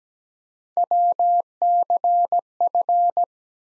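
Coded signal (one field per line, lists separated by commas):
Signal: Morse code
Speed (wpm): 17 wpm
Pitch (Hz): 700 Hz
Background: none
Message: WCF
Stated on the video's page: Morse practice of ARRL section abbreviations used in Field Day contest exchanges at 17 wpm, sent twice.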